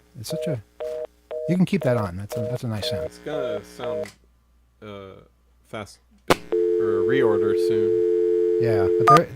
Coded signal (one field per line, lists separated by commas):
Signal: telephone call progress tone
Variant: North America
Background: speech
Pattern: dial tone